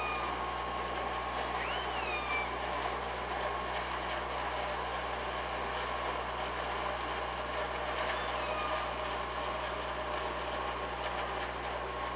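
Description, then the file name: Killer whale call: a short whistled tone that rises and then falls, heard near the two-second mark, with a fainter one later, over a constant underwater hum. Recorded on an OrcaLab hydrophone on 24 August 2017 at 19:20:42. "Orca Lab UTLN JASON 20170824 192042"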